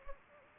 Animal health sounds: mosquito wingbeat signal from an infrared sensor; Anopheles gambiae

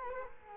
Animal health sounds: mosquito wingbeat signal from an infrared sensor; Culex quinquefasciatus

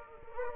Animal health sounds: mosquito wingbeat signal from an infrared sensor; Culex quinquefasciatus

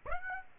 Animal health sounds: mosquito wingbeat signal from an infrared sensor; Aedes aegypti

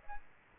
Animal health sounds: mosquito wingbeat signal from an infrared sensor; Aedes aegypti

